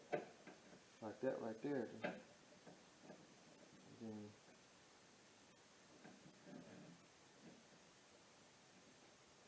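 A door latch cable end is slid into the rear door latch on a Ford F-150/F-250/F-350/E-350 (2000–2013) and positioned by hand before being pushed home. Someone talks while faint handling rustles and taps are heard. Nothing has seated or clicked yet.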